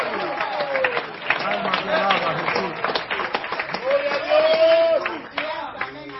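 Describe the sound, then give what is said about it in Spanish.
An audience claps and praises God in a dense, steady patter of many hands, mixed with raised voices calling out and cheering throughout, fairly loud and continuous for several seconds. “Si usted puede aplaudir, hágalo, y si puede alabar a Dios, hágalo.”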